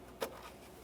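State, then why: Not seated. A plastic electrical connector with a red locking tab is handled on an engine harness component during intake manifold replacement on a 2007-2017 Jeep Patriot 2.4L L4. A short, soft broadband rustle at about 0.2 s stands out over a quiet low background hum. Nothing has seated or clicked yet.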